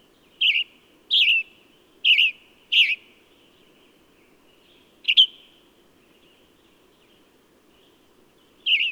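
Bird chirping: four quick, warbled high notes close together, then a lone chirp and a final one after long pauses, with a soft hum.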